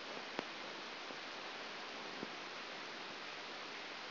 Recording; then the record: brain microelectrode recording played as sound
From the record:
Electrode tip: outside the subthalamic nucleus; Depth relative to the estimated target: -5 mm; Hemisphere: right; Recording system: AlphaMap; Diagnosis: Parkinson's disease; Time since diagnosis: 7 years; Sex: female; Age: 49 years